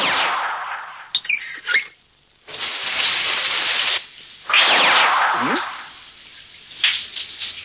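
shower running

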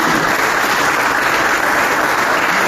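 audience applause

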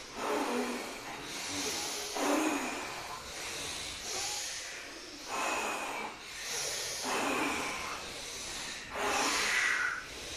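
forceful rhythmic breathing

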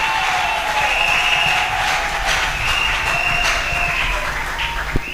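audience applauding and cheering

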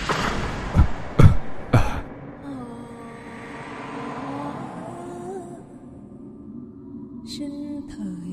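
coughing

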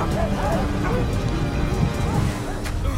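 dogs barking

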